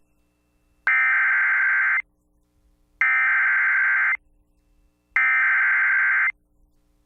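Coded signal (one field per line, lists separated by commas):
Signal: Emergency Alert System (SAME) tones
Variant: header bursts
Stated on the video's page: Flash flood warning SAME tones recorded off air from an AM/FM radio station.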